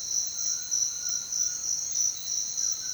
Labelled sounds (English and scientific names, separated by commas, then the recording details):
White-throated Toucan (Ramphastos tucanus)
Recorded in secondary vegetation near Puerto Asís, Putumayo, Colombia, on 29 June 2025 at 07:00
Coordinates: 0.499, -76.323
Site G077